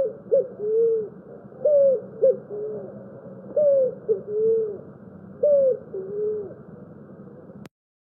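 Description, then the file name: Picazuro pigeon cooing song: low hooting phrases, each with short rising notes and a longer coo, repeated about every two seconds. "canto do pombao"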